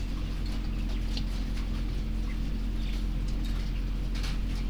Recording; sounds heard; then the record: poultry house recording; sick chickens (respiratory disease)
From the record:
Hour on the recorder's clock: 20